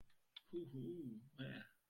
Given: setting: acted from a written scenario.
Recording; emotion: vocal sound without words; interest